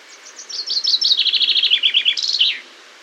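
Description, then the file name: Common chaffinch song, a single phrase of rapid notes stepping downward in pitch before closing with an emphatic final flourish. "Fringilla coelebs"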